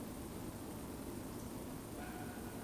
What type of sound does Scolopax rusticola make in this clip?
whistle